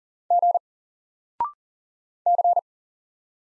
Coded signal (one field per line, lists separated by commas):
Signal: Morse code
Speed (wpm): 40 wpm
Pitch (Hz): 700 Hz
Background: none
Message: G C